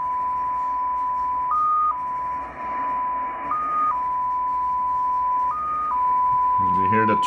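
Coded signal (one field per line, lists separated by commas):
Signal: numbers station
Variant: XPA2 polytone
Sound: steady tone with a brief higher-pitched step every two seconds, then a man talking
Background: radio static, speech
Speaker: we will be at xpa2 a Russian number station polytown number station that is going to start up so let's uh check out the signal here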